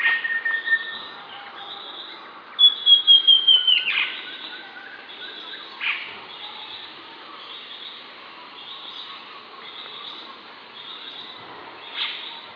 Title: LuckyPassaro Completos2Sama. Southern Chestnut-tailed Antbird (Myrmeciza hemimelaena hemimelaena (ssp asumed from location))